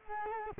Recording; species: mosquito wingbeat signal from an infrared sensor; Culex quinquefasciatus